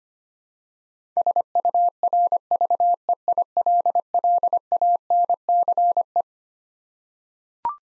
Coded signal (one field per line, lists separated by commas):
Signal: Morse code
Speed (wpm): 25 wpm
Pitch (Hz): 700 Hz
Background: none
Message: SURVEILLANCE